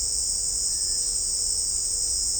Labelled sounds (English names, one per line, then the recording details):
none
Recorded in dense forest near Puerto Asís, Putumayo, Colombia, on 20 December 2024 at 16:30
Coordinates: 0.499, -76.324
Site G045